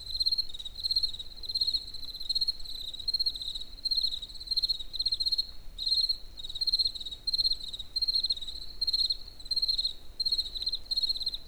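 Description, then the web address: Cricket chirping steadily in short high pulsed bursts, repeated over a faint low background rumble. In nature near the Eger tourist house (Egerturistaház). "allathangok termeszetben tucsok egerturistahaz"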